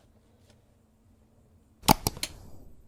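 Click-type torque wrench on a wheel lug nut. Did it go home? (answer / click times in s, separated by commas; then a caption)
yes / 1.9 s. A click-type torque wrench is turned on a wheel lug nut that was already tightened at the roadside, checking it at a 100 ft-lb setting. After a quiet stretch, the wrench gives a sharp metallic click at 1.9 s, followed by a few more quick clicks around 2.1 and 2.2 s. The nut is confirmed to reach the set torque.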